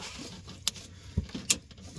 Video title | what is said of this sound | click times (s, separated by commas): How To Replace The FUEL FILTER on a 1999 2000 2001 2002 2003 2004 JEEP GRAND CHEROKEE WJ 4.0 & 4.7 | Hear that click? | 0.7 s